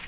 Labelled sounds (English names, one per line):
Yellow-rumped Warbler flight call